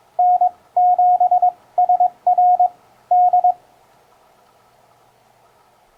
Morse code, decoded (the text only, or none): N7SR D